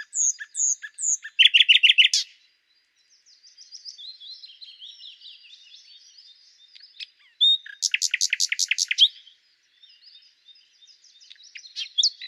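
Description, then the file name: Common nightingale song: loud rapid repeated chattering trills alternating with softer high whistled and warbling phrases, with short pauses between bursts. "Luscinia megarhynchos"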